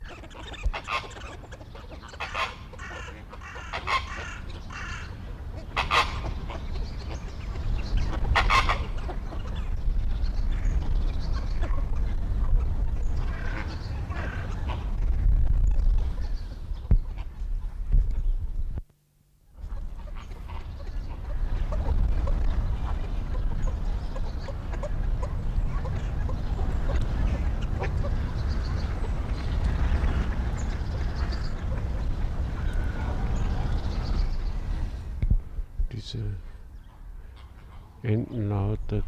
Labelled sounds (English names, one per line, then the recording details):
Chiloe Wigeon call
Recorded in captivity
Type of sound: call, call sequence
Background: Phoenicopterus ruber
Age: adult
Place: Zoo Berlin, Berlin, DE
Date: 1993-03-06 13:40
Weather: 3-6°C, heiter bis wolkig
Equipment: Marantz CP 430, Sennheiser ME 80, Kopie Uher Variocord 263
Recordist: Tembrock, Günter
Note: Diverse Lautformen